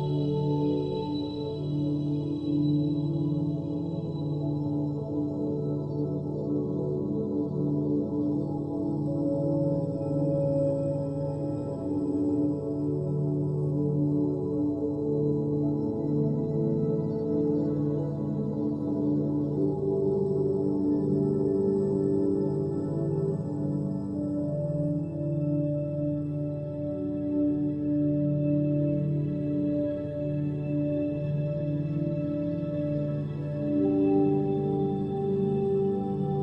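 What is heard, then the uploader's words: Gamma-wave binaural beats: a steady, dense drone of sustained low and mid tones that hum and ring like a singing bowl. Loudness holds level throughout, with pitches in the middle layers slowly shifting and swelling, while the top stays dark and soft. Gamma Waves Binaural Beats.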